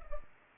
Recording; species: mosquito wingbeat signal from an infrared sensor; Culex pipiens